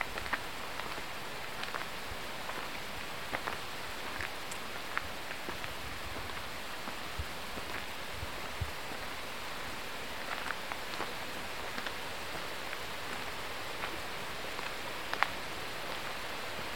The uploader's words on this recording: The relaxing sounds of a secluded part of Dartmoor where the water runs over aged rocks.